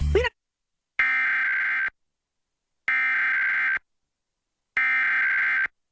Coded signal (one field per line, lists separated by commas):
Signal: Emergency Alert System (SAME) tones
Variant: header bursts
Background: speech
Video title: Virginia's Required Monthly Test on WVRA-AM and WVEC (EAS #1239-1240)